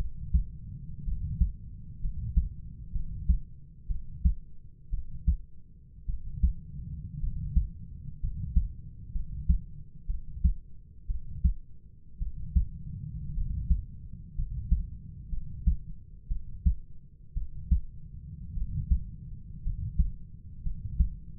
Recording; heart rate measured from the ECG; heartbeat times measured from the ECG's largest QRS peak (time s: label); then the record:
heart sounds by stethoscope; 58 bpm
1.05 s: heartbeat
2.01 s: heartbeat
2.92 s: heartbeat
3.87 s: heartbeat
4.90 s: heartbeat
6.06 s: heartbeat
7.20 s: heartbeat
8.20 s: heartbeat
9.12 s: heartbeat
10.07 s: heartbeat
11.07 s: heartbeat
12.19 s: heartbeat
13.34 s: heartbeat
14.35 s: heartbeat
15.30 s: heartbeat
16.28 s: heartbeat
17.34 s: heartbeat
18.54 s: heartbeat
19.63 s: heartbeat
20.63 s: heartbeat
From the record:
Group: healthy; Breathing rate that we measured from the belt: 10 breaths a minute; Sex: male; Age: 25 years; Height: 170 cm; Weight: 70.4 kg